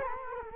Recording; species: mosquito wingbeat signal from an infrared sensor; Culex quinquefasciatus